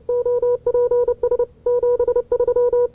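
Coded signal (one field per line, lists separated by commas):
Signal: Morse code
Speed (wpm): 30 wpm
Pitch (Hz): 490 Hz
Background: none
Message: OPS 73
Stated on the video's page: Archival CW contact from 1970.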